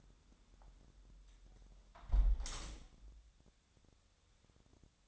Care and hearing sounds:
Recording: daily activity, microphone in the room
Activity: close window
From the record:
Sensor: 3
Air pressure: 1006.4 hPa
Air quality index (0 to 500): 192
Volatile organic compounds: 14 ppm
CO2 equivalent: 2447 ppm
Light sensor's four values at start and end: 10/23/10/9 and 10/23/9/9

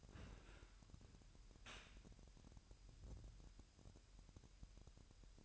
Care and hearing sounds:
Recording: daily activity, microphone in the room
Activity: open dishwasher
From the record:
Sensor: 2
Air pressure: 998.2 hPa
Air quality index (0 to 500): 146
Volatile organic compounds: 4 ppm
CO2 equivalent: 1655 ppm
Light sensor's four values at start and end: 11/32/13/12 and 11/32/13/12

